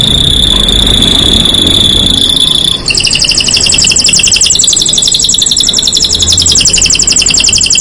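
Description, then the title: Canary song: a long sustained high whistled note, then a quick switch into a fast rattling trill that runs on to the end. Song to warm up and stimulate Belgian canaries; black-red canary singing actively (gacor). "Canto Para Esquentar Canário Belga. Suara Burung Kenari Black red Gacor Dor"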